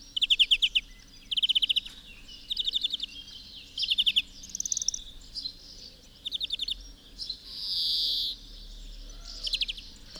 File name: Chloris chloris